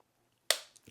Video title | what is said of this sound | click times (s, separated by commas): MoraKniv Kansbol First Look and REAL TALK | it just goes on there and then clicks into place. | 0.5 s